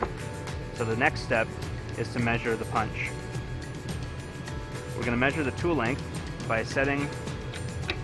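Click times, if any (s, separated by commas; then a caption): none. A metal punch is handled at the top of a tool-length measuring machine while someone talks over background music. A few short ticks sound near the start and end, but nothing has seated or clicked yet.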